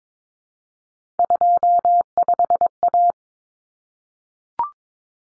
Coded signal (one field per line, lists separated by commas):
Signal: Morse code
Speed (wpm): 22 wpm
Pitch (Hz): 700 Hz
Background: none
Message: 25A